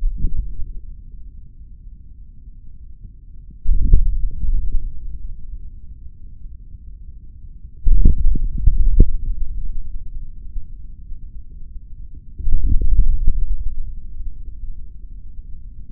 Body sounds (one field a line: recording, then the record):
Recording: forearm muscle sounds (acoustic myography)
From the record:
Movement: hand closing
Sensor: system 3, bracelet of six PUI Audio POM-2738L microphones around the upper forearm, with dedicated amplification and filtering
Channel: 1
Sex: male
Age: 26 years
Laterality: right